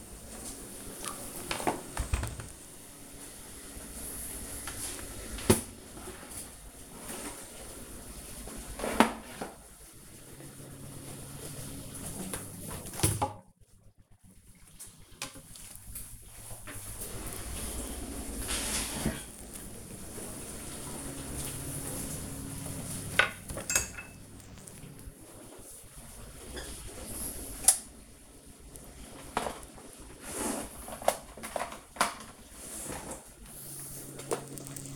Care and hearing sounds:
household activities, microphone on the right wrist
0.00-4.38 s: cleaning the cupboard
0.00-34.96 s: kitchen

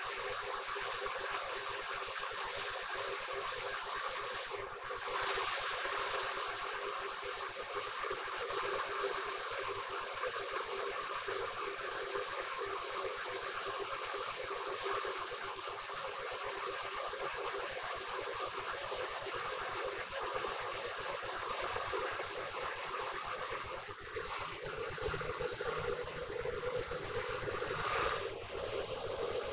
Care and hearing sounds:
household activities, microphone on the right wrist
0.00-29.53 s: making tea

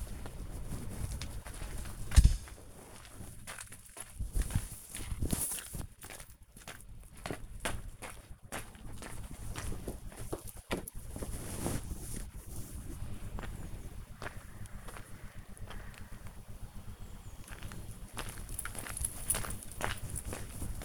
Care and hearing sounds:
household activities, microphone on the right wrist
0.00-20.85 s: going for a walk with dog

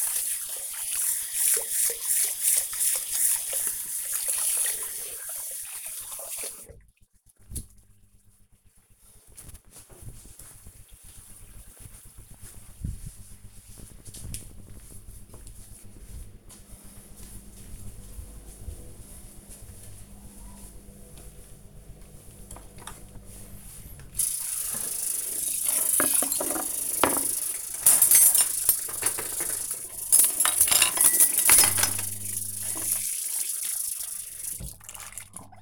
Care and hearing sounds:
household activities, microphone on the right wrist
0.00-7.48 s: washing hands
21.62-35.62 s: washing dishes

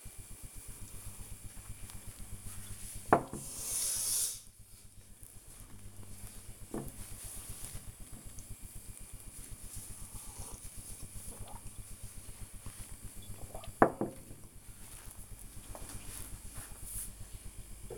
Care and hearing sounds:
household activities, microphone on the right wrist
0.00-13.91 s: drinking

